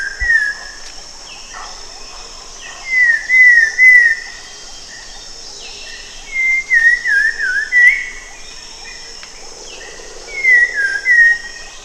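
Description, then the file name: Cempala kuning song in repeated bursts of quick whistled slurs, each group of several notes followed by a pause, steady background hiss. "cempalakuning omkicau"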